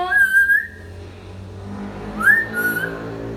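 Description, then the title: Hill myna giving two separate clear whistles, one flat and one rising then falling, over a steady low background rumble. Hill myna singing actively; recording made as a tutor for training other birds. "Suara Burung Beo Gacor Cocok Untuk Masteran"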